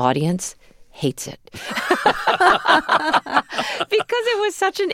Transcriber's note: laughter